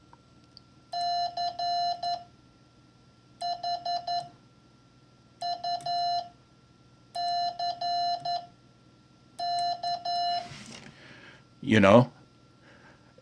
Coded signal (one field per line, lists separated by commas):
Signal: Morse code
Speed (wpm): 11 wpm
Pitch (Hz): 700 Hz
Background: speech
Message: CHUCK E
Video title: Learning CW - vol 3 - Farnsworth, Speed, Paddles, Code Readers